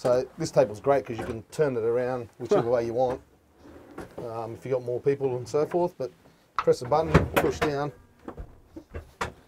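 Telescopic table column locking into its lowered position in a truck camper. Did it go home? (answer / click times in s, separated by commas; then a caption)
yes / 9.2 s. A telescopic table column in a Mitsubishi Canter 4x4 truck camper is lowered by pressing its release button and pushing the table top down while someone talks. A few soft knocks come near the end, then a sharp loud hit at 9.2 s as the column locks into its lowered position.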